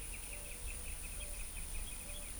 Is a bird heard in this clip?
yes